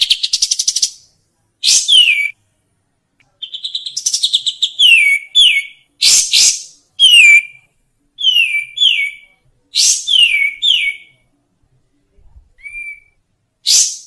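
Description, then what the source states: Grey-cheeked Bulbul song in separate bursts: harsh, scratchy notes each ending in a clear downslurred whistle, with short silent gaps between phrases. Master song for training songbirds.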